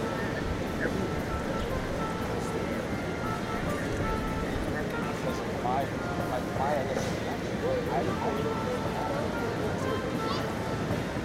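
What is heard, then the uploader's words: A steady, dense wash of crowd chatter fills Washington Square Park, with many voices overlapping and no pauses. Brief brighter calls and voice inflections rise out of the murmur now and then, especially around six to eight seconds, over a constant low rumble. NYC Washingto Square Park.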